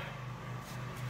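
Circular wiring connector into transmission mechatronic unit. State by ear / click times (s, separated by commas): not seated / none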